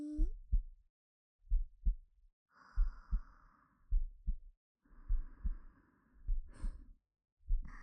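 An adult woman's heart heard with the ear resting against her chest: a normal, slow heartbeat of about 50 beats per minute.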